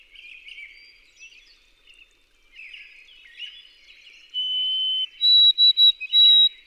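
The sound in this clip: White-throated sparrow song late, a held clean whistle then a higher repeated series of short notes, following several seconds of faint mixed bird twittering.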